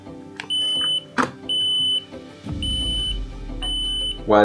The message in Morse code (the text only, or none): none